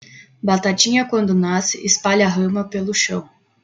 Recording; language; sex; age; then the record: short text; Brazilian Portuguese; female; 20 to 29 years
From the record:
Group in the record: control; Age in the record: 22 years